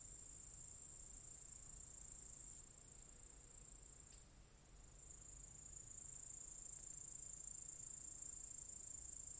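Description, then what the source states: Cicada chorus as a continuous shrill buzz that briefly weakens midway, then resumes and strengthens toward the end. Cicadas in an apple tree orchard at Zalensų Sodybos, Lithuania, recorded 23 August 2015.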